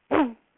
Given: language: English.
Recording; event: throat vibration sensor signal played as sound; throat clearing